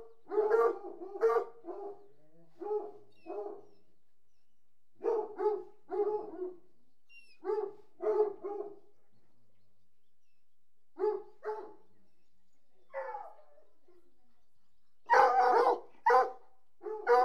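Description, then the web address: Hunting hounds giving bursts of short whines and yelps separated by quiet gaps, ending with a louder, busier cluster. A pack of about sixty hunting hounds whining. "BBC Sound Effects Library. Hunting Hounds"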